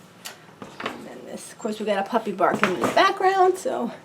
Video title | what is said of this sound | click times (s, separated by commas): Changing pee pad tray | you want these four things to click in okay you kind of heard that click and then this | 0.3 s, 0.8 s